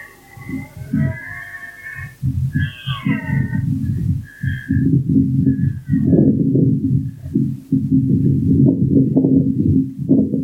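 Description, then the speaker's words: Red deer roaring: deep, rough, drawn-out bellows continuing steadily through the second half. Several stags around answering one another during the rut. "Il y avait plusieurs cerfs autour qui se répondaient les uns les autres."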